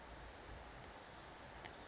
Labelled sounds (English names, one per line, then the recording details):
Brown Creeper
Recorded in Sonoma County, California